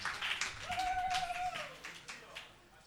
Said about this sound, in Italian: Un applauso, sentito, di più, fatevi sentire.